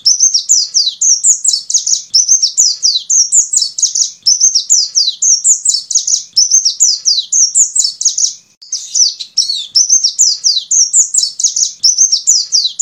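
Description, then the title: White-eye pouring out a continuous, very high twittering song of quick sliding notes, with a short break after about eight seconds. "Pleci"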